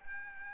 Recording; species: mosquito wingbeat signal from an infrared sensor; Aedes albopictus